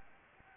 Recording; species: mosquito wingbeat signal from an infrared sensor; Anopheles gambiae